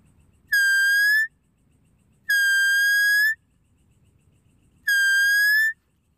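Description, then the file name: Deer calls: three steady, high whistled notes, each about a second long and rising slightly at the end, repeated every two seconds or so over a low background hum. "Tieng con nai keu"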